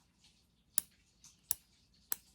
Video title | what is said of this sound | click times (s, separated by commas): Making Barbie's Gingham Dress for Luna Lapin | hear that it clicks into place you can squeeze on it and sort of like pull it apart to release it | 0.8 s, 1.5 s, 2.1 s